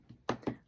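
A pen component is pushed into a rhinestone-covered pen barrel and held until it clicks into place at 0.3 s, a sharp snap. A second, softer click follows at about 0.5 s. The part is seated.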